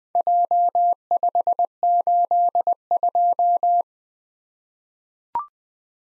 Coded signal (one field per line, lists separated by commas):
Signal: Morse code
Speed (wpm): 20 wpm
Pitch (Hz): 700 Hz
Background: none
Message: J582